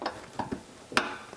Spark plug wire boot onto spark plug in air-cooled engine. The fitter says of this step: when you install these we're looking for a positive click sound onto the spark plug